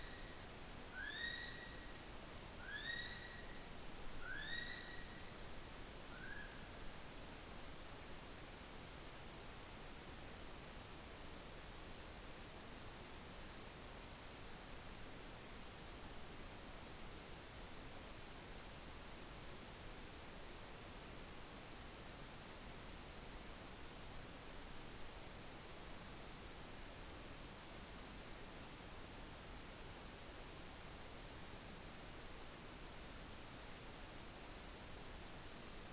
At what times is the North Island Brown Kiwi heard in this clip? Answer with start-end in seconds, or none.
0.00-6.94